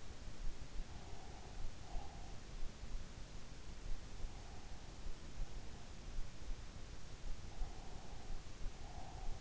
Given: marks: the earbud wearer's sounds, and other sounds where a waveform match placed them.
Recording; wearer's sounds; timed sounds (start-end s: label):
sounds in sleep by an in-ear microphone; breath
0.91-2.76 s: breath
7.54-9.41 s: breath